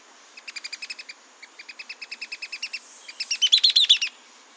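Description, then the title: Mouse-colored tyrannulet calling, a fast series of short chattered notes that pauses briefly, then resumes and swells into a louder, harsher burst at the end; a thin steady high tone persists behind. Subspecies wagae. "LuckyPassaro Completos2Sama. Mouse-colored Tyrannulet (Phaeomyias murina wagae)"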